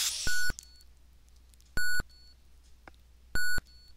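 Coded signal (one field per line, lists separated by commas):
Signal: none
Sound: game console word beeps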